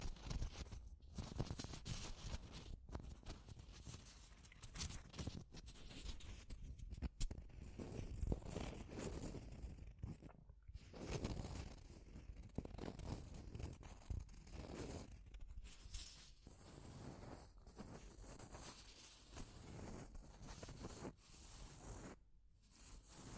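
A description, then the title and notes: Deep scratching runs almost nonstop for the whole stretch, a dense, rough rasping with a heavy low rumble beneath it. The strokes come in irregular bursts, broken by short pauses around 1, 3, 10, 16 and 23 seconds, with a few sharper scrapes along the way. Deep Scratching. (No Talking).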